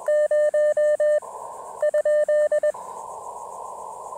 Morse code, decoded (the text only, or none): 0?